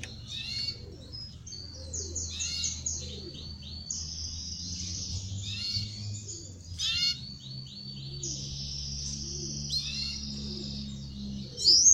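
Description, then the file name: Belgian canary song built on long, even rolling trills, broken by short chirps and slurred notes, with a faint low hum behind. Copper-coloured Belgian canary singing. "canto do canario belga cobre"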